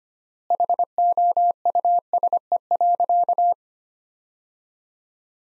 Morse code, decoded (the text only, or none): HOUSE.